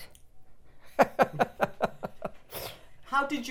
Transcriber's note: laughs